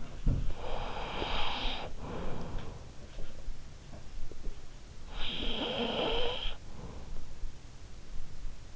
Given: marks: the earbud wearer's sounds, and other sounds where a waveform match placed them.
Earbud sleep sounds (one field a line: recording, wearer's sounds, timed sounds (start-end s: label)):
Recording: sounds in sleep by an in-ear microphone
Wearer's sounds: snoring breath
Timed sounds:
0.00-3.68 s: snoring breath
4.83-7.40 s: snoring breath